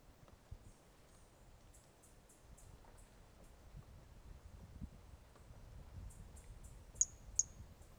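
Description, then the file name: Brachycephalus mirissimus calls: a series of faint, very high, short ticking notes, ending with two louder sharp notes, over a quiet low rumble. Individual 05, 18 January 2018; two initial notes of the call missing; animal not collected; recordist L F Ribeiro. "Brachycephalus mirissimus 18 jan 2018 individual 05 ex 05 two initial notes missing L F Ribeiro not collected"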